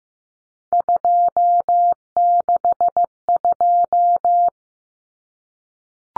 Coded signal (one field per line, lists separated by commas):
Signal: Morse code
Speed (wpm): 15 wpm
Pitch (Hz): 700 Hz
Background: none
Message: 262